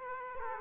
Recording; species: mosquito wingbeat signal from an infrared sensor; Aedes aegypti